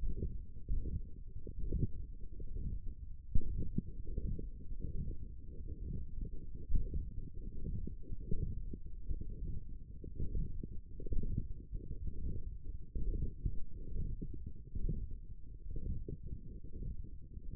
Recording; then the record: forearm muscle sounds (acoustic myography)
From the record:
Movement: hook grip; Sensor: system 1, eight BSWA MPA416 microphones around the upper forearm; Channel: 7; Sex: male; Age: 23 years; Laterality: right